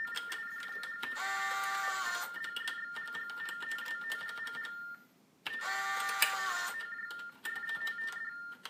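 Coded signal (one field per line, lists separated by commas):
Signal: RTTY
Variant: TDD Baudot, 45.45 baud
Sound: warbling two-tone chatter alternating with buzzy mechanical bursts and clicks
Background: keyboard and printer noise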